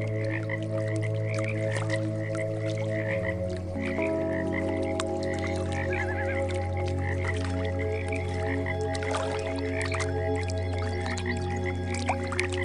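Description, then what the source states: Frog chorus of quick, repeated croaks runs throughout beneath sustained ambient music tones that shift pitch around the fourth second. Frogs mixed with meditation music.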